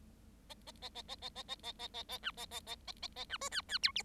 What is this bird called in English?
Bengalese Finch